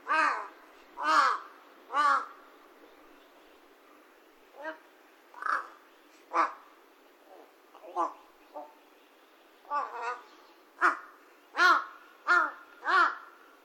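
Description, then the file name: Large-billed crow cawing repeatedly in harsh, hoarse notes, about one a second at times, with irregular pauses and quicker caws near the end. Recorded in Saitama, Japan, on 17 September 2021. "hashibutogarasu saitama"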